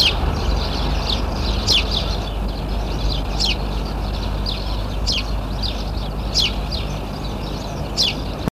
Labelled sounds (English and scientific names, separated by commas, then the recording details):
House Sparrow (Passer domesticus) call
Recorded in the wild
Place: Kiten, Burgas, BG
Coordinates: 42.2333, 27.7667
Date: 1968-06-04
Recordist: Stiefel, Arnd